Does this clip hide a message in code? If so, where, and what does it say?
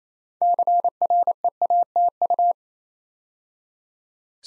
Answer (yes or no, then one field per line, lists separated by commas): yes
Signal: Morse code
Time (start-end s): 0.4-2.5 s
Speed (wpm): 27 wpm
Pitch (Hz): 700 Hz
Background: none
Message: CREATU